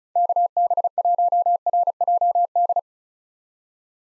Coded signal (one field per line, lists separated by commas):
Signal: Morse code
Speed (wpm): 34 wpm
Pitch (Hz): 700 Hz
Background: none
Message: KB1RJD